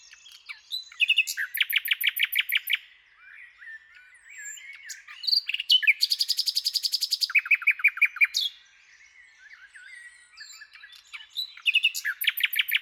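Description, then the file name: Common nightingale pouring out almost continuous song, with rapid rattling note series and a long, fast buzzy trill in the middle. "Luscinia megarhynchos"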